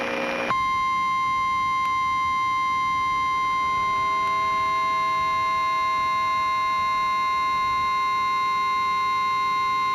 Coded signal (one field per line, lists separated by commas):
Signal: Emergency Alert System (SAME) tones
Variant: 1050 Hz attention tone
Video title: EAS SCENARIO: Last Day With Hybrids (PREVIEW)